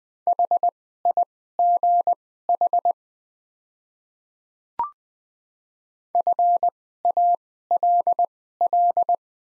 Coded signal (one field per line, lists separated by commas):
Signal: Morse code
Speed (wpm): 20 wpm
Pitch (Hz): 700 Hz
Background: none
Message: HIGH FALL